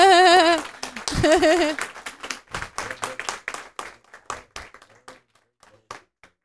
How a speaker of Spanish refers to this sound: Tómense un momento para darles la bienvenida. Inhálenlos. Aplaudan si quieren.